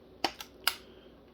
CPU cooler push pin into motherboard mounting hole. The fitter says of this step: sure here I snap